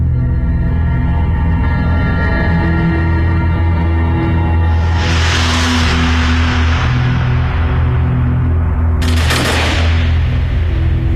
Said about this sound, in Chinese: 枪声响过，数名犹太人倒下，然后是更多的犹太人被驱赶着奔赴死亡。